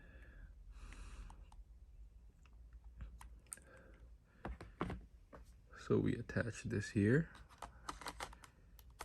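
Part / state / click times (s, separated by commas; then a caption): detachable controller into the console side rail / not seated / none. A detachable handheld controller for a Nintendo Switch is handled and lined up with the console's plastic side rail, ready to be slid down it to latch. Soft handling noises and a few light taps are heard while someone talks. Nothing has seated or clicked into the rail yet.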